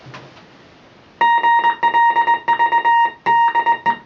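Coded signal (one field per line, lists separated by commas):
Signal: Morse code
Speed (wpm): 20 wpm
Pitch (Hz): 930 Hz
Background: music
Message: GLV DE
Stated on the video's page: Actual recording of the SOS distress call sent by a merchant ship, maritime radiotelegraphy.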